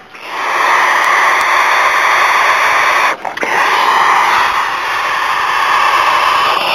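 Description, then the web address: Barn owl chicks giving a begging call: a long, continuous, rasping hiss that breaks off briefly near three seconds, then resumes just as steadily. Young barn owls. "schleiereule Jungeulen"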